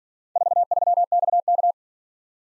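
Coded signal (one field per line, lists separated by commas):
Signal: Morse code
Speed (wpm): 47 wpm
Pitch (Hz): 700 Hz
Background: none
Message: 43XK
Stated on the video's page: Morse practice of four letter-number combinations, starting fast and slowing to a 40 wpm base; fastest speed 1.5 times base, final repeat at maximum speed.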